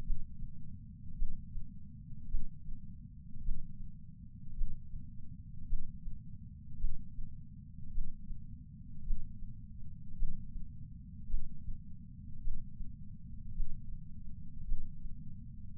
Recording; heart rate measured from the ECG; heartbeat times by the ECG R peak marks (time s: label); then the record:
heart sounds by patch sensor on the chest; 53 bpm
0.02 s: heartbeat
1.15 s: heartbeat
2.27 s: heartbeat
3.41 s: heartbeat
4.53 s: heartbeat
5.65 s: heartbeat
6.77 s: heartbeat
7.90 s: heartbeat
9.02 s: heartbeat
10.15 s: heartbeat
11.27 s: heartbeat
12.40 s: heartbeat
13.52 s: heartbeat
14.64 s: heartbeat
15.76 s: heartbeat
From the record:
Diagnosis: coronary artery disease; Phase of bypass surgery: intraoperative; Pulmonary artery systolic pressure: 22 mmHg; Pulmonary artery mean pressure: 14 mmHg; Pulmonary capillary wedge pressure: 10 mmHg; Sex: male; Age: 75 years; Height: 167 cm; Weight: 58 kg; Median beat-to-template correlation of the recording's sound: 0.95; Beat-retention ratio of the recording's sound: 0.99